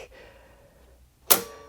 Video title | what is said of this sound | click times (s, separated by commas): Husqvarna Viking Amber Air S 600 Coverlock - Everything You Need to Know | so I'll just turn that towards me and wait for the click | 1.3 s